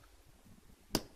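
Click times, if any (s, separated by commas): 0.9 s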